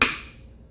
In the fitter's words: Aí fiz o clique.